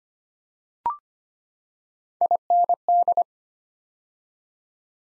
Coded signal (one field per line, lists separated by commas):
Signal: Morse code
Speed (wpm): 25 wpm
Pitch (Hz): 700 Hz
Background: none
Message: IND